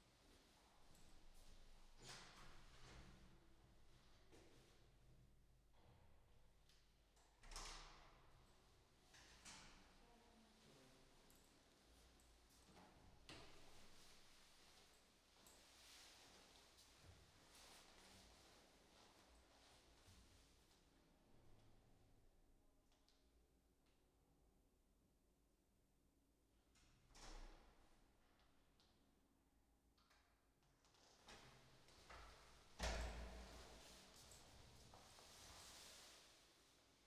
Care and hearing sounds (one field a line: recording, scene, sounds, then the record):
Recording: everyday scene through a hearing-aid microphone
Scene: reverberant space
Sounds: background noise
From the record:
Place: staircase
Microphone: in the ear canal, right